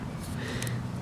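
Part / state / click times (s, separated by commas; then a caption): modular light into a detent position on its mount / seated / 0.6 s, 0.7 s. A Night Evolution modular personal light (red/infrared) is slid along the ruts on its mount until it clicks into a detent position. Two short, sharp clicks land at 0.6 s and 0.7 s over a low, steady background hum. The light is seated in place.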